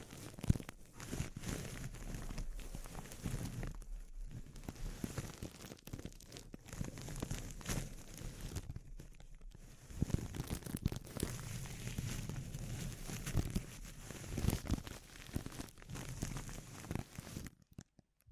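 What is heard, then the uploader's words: Sensitive crinkles rustle in dense, uneven bursts for about seventeen seconds, with soft low thumps, brief quieter gaps, then sudden silence at the end. ASMR Sensitive Crinkles (No Talking).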